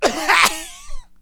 Cough male.